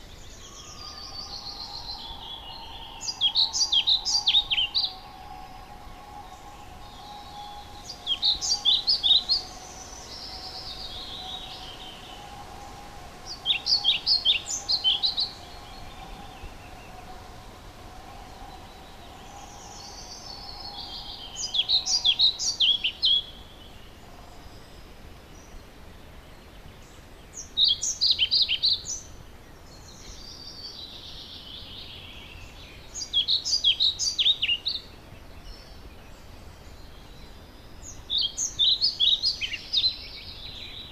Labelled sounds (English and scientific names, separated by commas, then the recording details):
European Pied Flycatcher (Ficedula hypoleuca) song
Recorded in the wild
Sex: male
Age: adult
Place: Schönow, Naturpark Barnim, Brandenburg, DE
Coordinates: 52.6814, 13.5014
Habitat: decidous forest
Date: 2013-05-20
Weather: cloudy, weak wind, 15°C
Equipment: Sound Devices 702, Sennheiser MKH 70, Rycote Windschutz
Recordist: Frommolt, Karl-Heinz